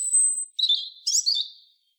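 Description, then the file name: European robin giving a sustained very high pure whistle, followed by a short warble and a jumbled, tumbling twitter that fades out; quiet background. "Erithacus rubecula"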